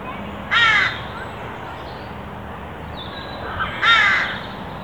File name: Corvus corone